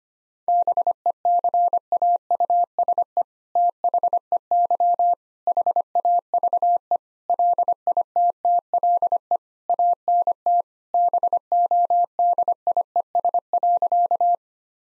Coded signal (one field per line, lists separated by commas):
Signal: Morse code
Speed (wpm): 25 wpm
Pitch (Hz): 700 Hz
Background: none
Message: BECAUSE THEY HAVE LITTLE ANT BODIES.